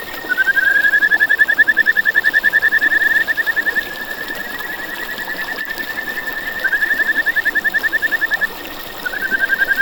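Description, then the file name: Kajika frog sings long bursts of rapid even pulses, louder at the start, with short gaps before new trills begin, over steady hiss. "buergeri"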